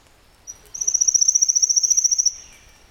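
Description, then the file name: Pale-legged leaf warbler song: a brief high note, then an even, rapid, metallic pulsed trill of about one and a half seconds, fading out at the end. "warbler-pale-legged-leaf a-Phylloscopus-tenellipes"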